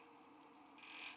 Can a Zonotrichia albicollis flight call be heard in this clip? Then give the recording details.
no. No flight call is heard. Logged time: 07:58 on 5 December 2014